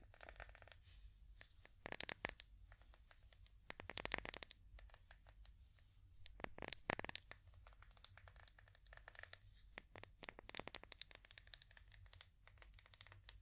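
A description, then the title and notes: Wood tapping comes as quick clusters of light, clicky taps with short quiet gaps between them. Denser bursts land around 2, 4 and 7 seconds, and the taps turn busier and more scattered in the second half. A low, steady hum sits underneath throughout. ASMR Calming Wood Tapping (No Talking).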